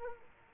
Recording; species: mosquito wingbeat signal from an infrared sensor; Culex quinquefasciatus